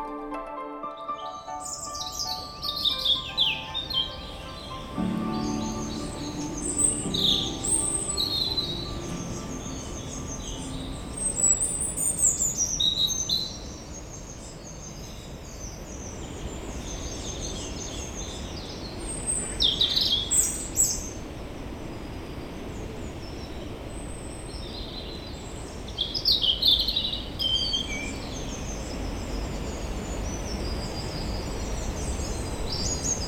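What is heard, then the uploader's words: Birdsong fills Limbrick Woods, with several birds chirping and trilling in bright bursts that come every few seconds throughout, busiest around the middle and near the end. A steady low rumble runs underneath, and a brief low murmur appears around five seconds in. This is a soundscape of Limbrick Woods - a beautiful woodland opposite the library and Jardine Crescent, recorded as part of the Tile Hill Pride of Place project.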